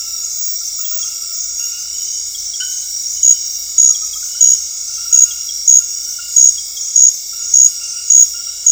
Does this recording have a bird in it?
no